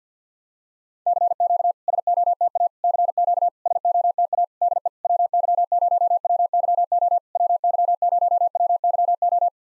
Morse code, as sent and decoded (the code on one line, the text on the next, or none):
-.-. --.- / ... --- - .- / -.-. --.- / ... --- - .- / -.. . / .-- -.-- ----- .-- -.-- --- / .-- -.-- ----- .-- -.-- ---
CQ SOTA CQ SOTA DE WY0WYO WY0WYO